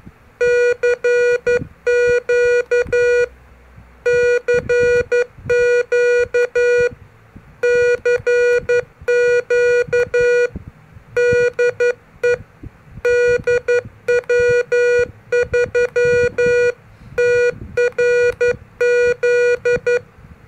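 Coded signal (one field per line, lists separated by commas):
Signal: Morse code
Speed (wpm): 11 wpm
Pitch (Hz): 480 Hz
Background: none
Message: CQ CQ CQ DE DW3TRZ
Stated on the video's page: CQ call in CW sent with an MFJ-403 pocket keyer, as a beginner lesson.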